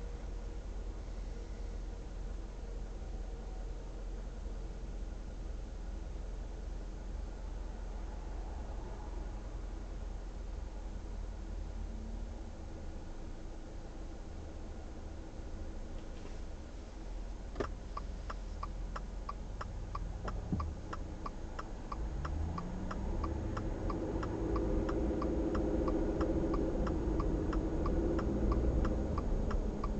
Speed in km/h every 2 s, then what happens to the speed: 0, 0, 0, 0, 0, 0, 1, 0, 0, 0, 2, 9, 19, 28, 26.
0-20 standing. 20-26 pulls away to 28.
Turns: none.